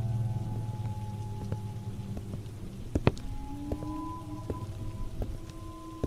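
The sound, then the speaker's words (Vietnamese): Steady rain patters down late at night in windy weather, with scattered sharper drops and a few louder splashes standing out over a low, continuous hiss and a faint droning hum. “Giờ này đứa nào mà còn mò ra đường giữa đêm hôm mưa gió khuya khoắt như thế?”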